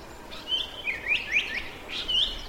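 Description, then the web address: Chinese hwamei song: a run of bright, slurred whistled notes rising and falling, with short rapid phrases over a steady background hiss. "abarazemi Hwamei"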